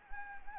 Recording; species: mosquito wingbeat signal from an infrared sensor; Anopheles arabiensis